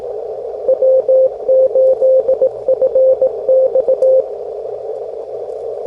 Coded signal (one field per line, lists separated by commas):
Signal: Morse code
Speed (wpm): 18 wpm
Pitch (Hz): 520 Hz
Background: radio noise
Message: W8FX